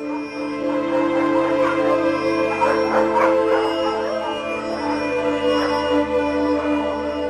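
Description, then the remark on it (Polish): Dogs bark in scattered bursts in a village on a cold, clear, starry night, one answering another, over a steady sustained tonal drone that holds throughout; no one speaks. “Tylko pies zaszczekał we wsi. Drugi odpowiedział.”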